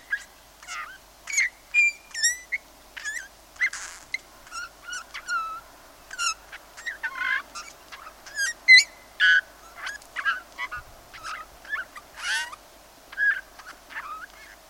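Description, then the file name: Eurasian bullfinch calls: a busy run of short creaky notes, clicks and soft piping whistles, some sliding down, spaced irregularly throughout. "Pyrrhula pyrrhula"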